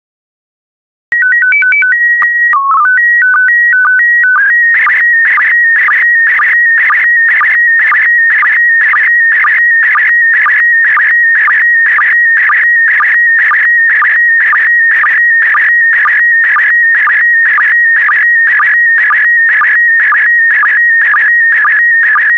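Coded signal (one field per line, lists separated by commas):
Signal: SSTV (slow-scan television)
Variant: PD120 mode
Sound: short stepped header tones, then a steady warbling tone with rhythmic ticks every half second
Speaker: Five, four, three, two, one. Transmission complete. You can now check your decoded image against the picture that is shown on the video.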